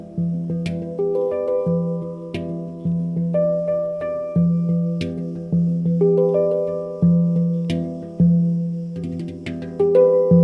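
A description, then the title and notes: A handpan is played in a steady flowing rhythm, each note struck clearly and ringing out with a long metallic sustain that overlaps the next. The tones sit low to middle, with a deep recurring bass note and brighter accents. Handpan player in the free camping spot of Kedrodasos(Creta, August 2020).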